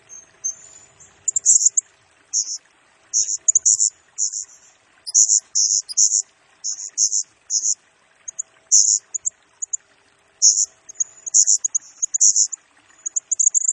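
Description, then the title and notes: Blue-crowned hanging parrot in busy high-pitched song, rapid buzzy squeals and chips repeated almost continuously across the whole stretch. Serindit in 'gacor' (constantly singing) and 'nembak' rapid-fire style; recording used as a 'pemikat' lure and 'nasteran' tutor for training birds, said to agitate all birds. "Burung Serindit Nembak Gacor Bikin Emosi Semua Burung. Suara Nasteran Dan Pemikat Burung Serinditan Gacor"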